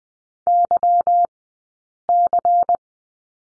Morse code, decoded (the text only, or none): YC